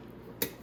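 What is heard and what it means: A key pushes the popped-out lock cylinder back into the lock housing of a Venom X21 50cc motorcycle. A single sharp click at 0.4 s stands out over faint background hiss as the cylinder snaps back in and seats.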